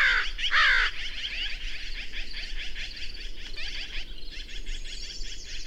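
Birds calling: loud harsh, arched calls near the start, then a steady busy chatter of many quick high notes.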